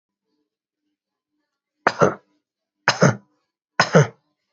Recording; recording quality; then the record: shallow voluntary cough; excellent, no background noise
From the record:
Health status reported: healthy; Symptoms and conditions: muscle pain, diabetes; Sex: male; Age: 36 years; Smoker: not ticked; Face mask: not worn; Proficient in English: yes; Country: India